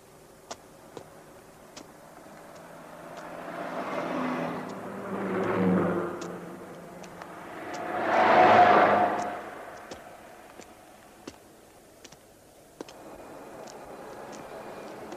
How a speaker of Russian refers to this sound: Мимо Ивана проезжает трехдверная элитная машина. Тормозит, дает задний ход.